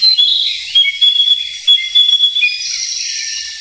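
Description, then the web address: Narcissus flycatcher song: clear whistled notes sliding between high and middle pitches, delivered in quick short phrases. "sikioto. kibitaki"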